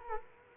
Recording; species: mosquito wingbeat signal from an infrared sensor; Culex quinquefasciatus